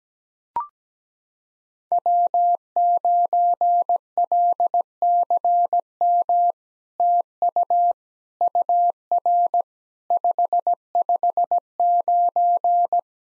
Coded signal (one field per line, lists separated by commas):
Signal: Morse code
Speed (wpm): 17 wpm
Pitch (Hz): 700 Hz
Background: none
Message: W9LCM TU UR 559